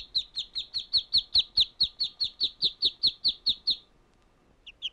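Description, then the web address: Bird repeating a bright, clipped high note steadily for about four seconds, then falling quiet before two last chirps. "Звуки природы - птицы"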